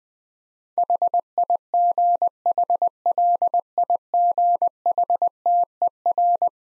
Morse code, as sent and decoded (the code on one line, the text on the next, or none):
.... .. --. .... .-.. .. --. .... - . .-.
HIGHLIGHTER